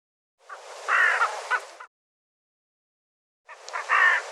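A bird gives two separate rasping, crow-like calls, each a gruff burst with a few clipped notes, and a silent gap between them.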